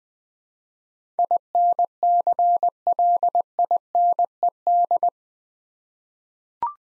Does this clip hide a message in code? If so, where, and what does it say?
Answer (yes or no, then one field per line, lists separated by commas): yes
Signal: Morse code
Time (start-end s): 1.2-5.1 s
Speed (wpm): 20 wpm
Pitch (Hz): 700 Hz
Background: none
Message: INCLINED